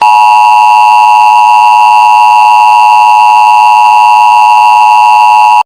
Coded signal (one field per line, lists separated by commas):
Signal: Emergency Alert System (SAME) tones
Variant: 853 and 960 Hz attention tone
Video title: zoe vore eas scenario